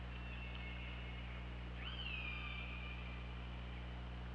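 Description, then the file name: Killer whale pulsed call, one long harmonic tone that jumps upward then holds steady and slowly falls, over a constant low underwater hum. OrcaLab hydrophone recording, 24 August 2017, 23:32:49. "Orca Lab UTLN JASON 20170824 233249"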